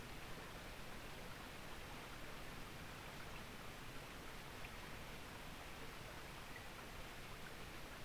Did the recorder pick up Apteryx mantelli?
no